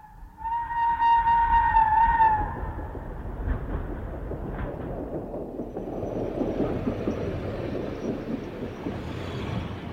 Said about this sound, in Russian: Ну вот, и поезд подошел.